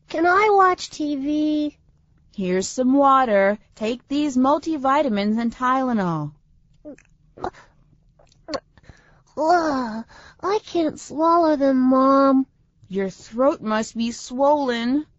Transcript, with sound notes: Can I watch TV?
Here's some water. Take these multi-vitamins and Tylenol.
[Trying to swallow] Uh! I can't swallow them, Mom!
Your throat must be swollen.